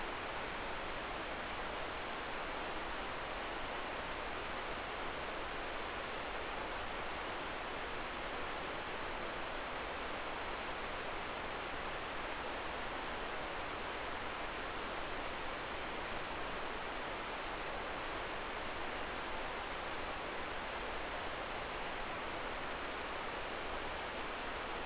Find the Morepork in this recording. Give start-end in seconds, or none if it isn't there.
none